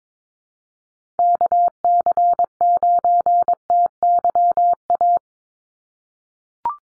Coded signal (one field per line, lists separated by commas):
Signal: Morse code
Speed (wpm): 22 wpm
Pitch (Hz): 700 Hz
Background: none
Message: KC9TYA